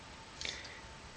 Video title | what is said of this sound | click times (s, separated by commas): Glock 81 Survival Knife Review | it's a very solid click as you can see see | 0.4 s